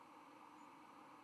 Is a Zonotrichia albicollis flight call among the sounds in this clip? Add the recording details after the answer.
no. Another species' flight call is heard. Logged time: 05:36 on 31 October 2014